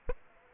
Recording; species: mosquito wingbeat signal from an infrared sensor; Aedes aegypti